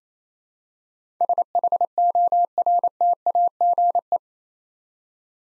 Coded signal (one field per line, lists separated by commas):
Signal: Morse code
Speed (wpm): 27 wpm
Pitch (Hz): 700 Hz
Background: none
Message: SHORTAGE